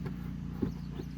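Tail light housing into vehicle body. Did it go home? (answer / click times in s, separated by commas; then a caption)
no / none. A tail light housing on a 2006 Jeep Liberty is being handled, with its locating pin lined up with its hole in the body before being pushed home. There is a steady low hum with light handling noise and one brief soft knock around 0.6 s. Nothing has seated or clicked yet.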